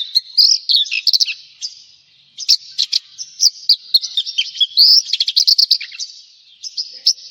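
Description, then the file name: Javan bush lark singing a jumble of sharp high notes, buzzy trills and quick whistles, with a brief pause near the two-second mark. "suara burung branjangan jawa"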